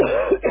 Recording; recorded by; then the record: voluntary cough; telephone call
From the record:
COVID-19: positive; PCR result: checked with the laboratory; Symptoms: yes